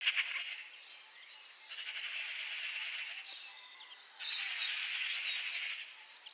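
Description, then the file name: Eurasian magpie rattling chatter in three bursts of rapid harsh notes separated by short pauses. "Pica pica"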